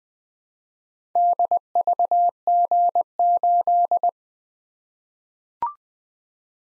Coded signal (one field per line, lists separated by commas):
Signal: Morse code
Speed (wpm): 20 wpm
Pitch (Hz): 700 Hz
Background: none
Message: DVG8